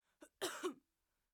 Cough.